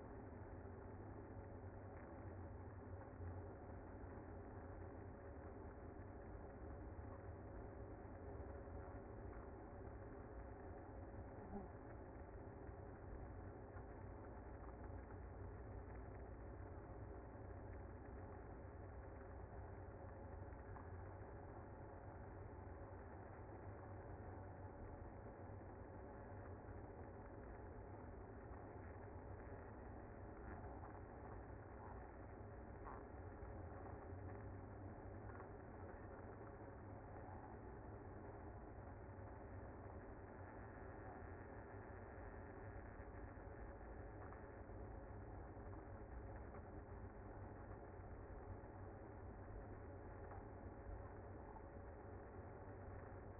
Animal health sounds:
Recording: honeybee colony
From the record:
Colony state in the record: active

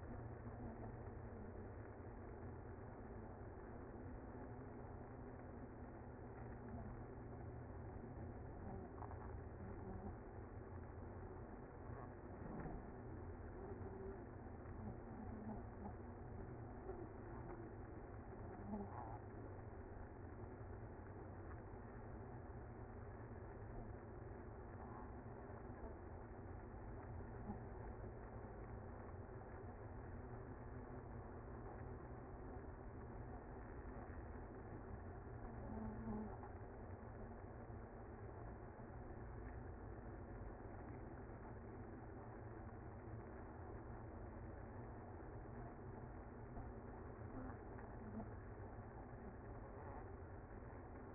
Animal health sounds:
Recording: honeybee colony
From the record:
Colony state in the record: active

